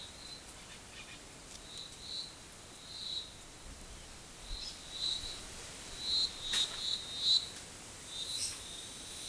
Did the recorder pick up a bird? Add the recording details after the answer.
no. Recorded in forest near Pivijay, Magdalena, Colombia, on 15 April 2023 at 14:00. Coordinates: 10.467, -74.380. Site Z5-G034